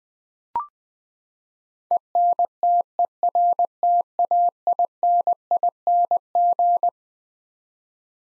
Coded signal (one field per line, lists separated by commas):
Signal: Morse code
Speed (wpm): 20 wpm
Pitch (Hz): 700 Hz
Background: none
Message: ENTERTAINING